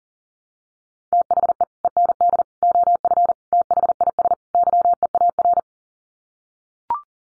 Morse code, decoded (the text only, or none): THE END OF THIS YEAR